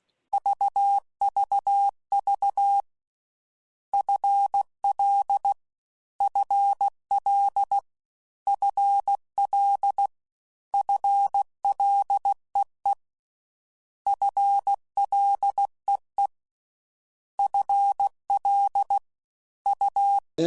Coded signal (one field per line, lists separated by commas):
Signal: Morse code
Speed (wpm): 16 wpm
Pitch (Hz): 800 Hz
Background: none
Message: VVV FL FL FL FLEE FLEE FL U